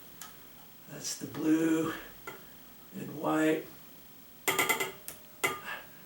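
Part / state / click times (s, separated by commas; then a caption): ceiling fan component into its mounting slide / seated / 5.1 s. During a ceiling fan install, a fan component is slid along its mounting slide until it locks into place. Someone talks, and a single sharp, short click is heard at 5.1 seconds as the part seats.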